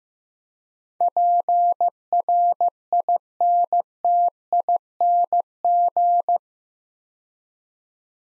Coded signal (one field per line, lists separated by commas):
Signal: Morse code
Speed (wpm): 15 wpm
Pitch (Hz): 700 Hz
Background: none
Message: PRINTING